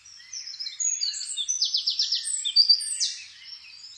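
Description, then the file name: Eurasian wren song, a quick stream of piercing high notes with a rapid trill in the middle, then fading. "Troglodytes troglodytes"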